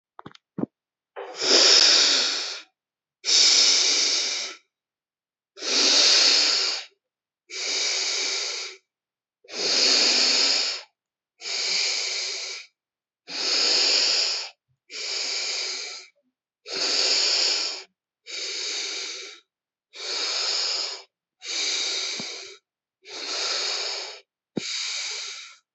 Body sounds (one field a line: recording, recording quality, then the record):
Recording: deep breathing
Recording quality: excellent, no background noise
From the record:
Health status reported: healthy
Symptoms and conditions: cough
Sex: male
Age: 30 years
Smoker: not ticked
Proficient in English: yes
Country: India